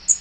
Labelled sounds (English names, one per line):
Blackpoll Warbler flight call